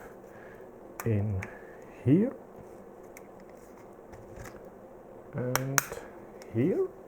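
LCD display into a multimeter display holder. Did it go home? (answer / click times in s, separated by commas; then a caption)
no / none. A Fluke 87 multimeter's LCD display, fitted with new conductive rubber strips, is handled and pressed toward its plastic display holder at two points while someone talks. Faint handling ticks come at about 3.2 s and 4.5 s. The display has not clicked into the holder yet and nothing has seated.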